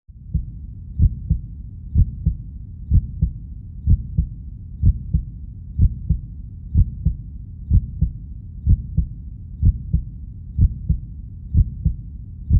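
Paired low thumps, a lub followed closely by a dub, repeat in a steady, even rhythm at about 62 beats a minute over a soft low rumble. It is a plain, regular adult heartbeat.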